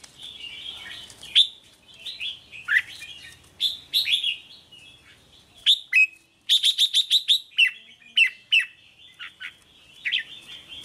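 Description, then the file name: Red-whiskered bulbul song: chattering, warbled phrases with sharp descending notes and a quick run of clipped chips near the middle, in a fairly quiet background. Song of the 'hót chè' style. "Tieng chao mao hot che"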